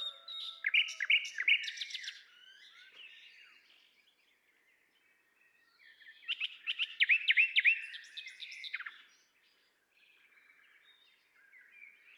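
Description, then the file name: Common nightingale song: two rich phrases of rapid repeated chirps and buzzy notes, separated by a quiet pause with soft twittering. "Luscinia megarhynchos"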